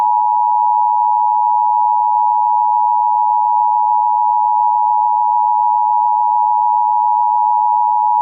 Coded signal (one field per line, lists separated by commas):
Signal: Emergency Alert System (SAME) tones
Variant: 853 and 960 Hz attention tone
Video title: Nuclear Attack EAS Scenario